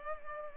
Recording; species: mosquito wingbeat signal from an infrared sensor; Culex pipiens